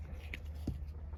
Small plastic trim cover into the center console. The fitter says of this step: also snaps in place.